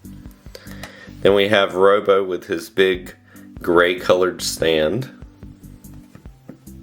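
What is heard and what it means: A fused perler bead Robo character is being handled alongside his big gray fused bead stand while someone talks over light background music. A few faint taps and knocks come at the start and near the end. Nothing has seated or clicked into the stand yet.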